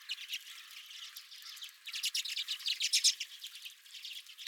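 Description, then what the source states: Redpolls calling, quick dry twittering notes with a louder cluster of sharp chips near the middle. Redpolls at the recordist's feeder.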